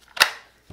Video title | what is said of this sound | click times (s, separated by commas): Eiruaw Mini Cordless 6-INCH Chainsaw Portable 21/18 volt Power Pruning Saw Review | snap into place and then here's your little safety button now you hit that button | 0.2 s